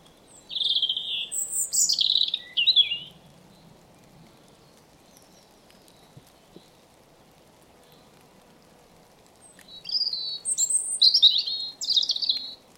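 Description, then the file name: European robin song: two high, thin warbling phrases of sliding whistles and trills, separated by about seven seconds of quiet with faint low background hum. "Erithacus rubecula"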